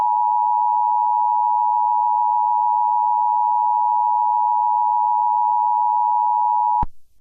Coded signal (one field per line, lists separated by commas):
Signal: Emergency Alert System (SAME) tones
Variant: 853 and 960 Hz attention tone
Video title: EAS MOCK 28 AMBER ALERT FOR STATE OF IOWA